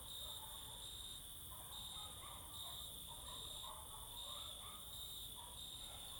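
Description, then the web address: Crickets singing in a steady high trilling chorus, with faint lower sounds in the background. Crickets singing close in summer fields during the evening or night. "Sculp Tunes - Summer in the field - Crickets and Cicadas"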